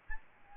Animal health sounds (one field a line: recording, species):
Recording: mosquito wingbeat signal from an infrared sensor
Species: Aedes albopictus